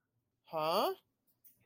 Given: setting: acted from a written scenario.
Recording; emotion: vocal sound without words; confusion